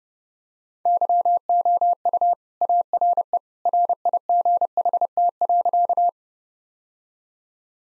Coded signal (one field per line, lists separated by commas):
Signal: Morse code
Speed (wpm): 30 wpm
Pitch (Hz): 700 Hz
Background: none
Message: YOU ARE RIGHT.